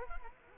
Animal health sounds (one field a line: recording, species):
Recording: mosquito wingbeat signal from an infrared sensor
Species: Culex quinquefasciatus